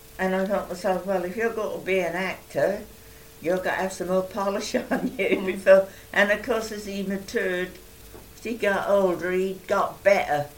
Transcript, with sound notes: And I thought to myself, well, if you're going to be an actor, you got to have some more polish on you before-- [laughs]
Mhm.
And of course, as he matured, as he got older, he got better.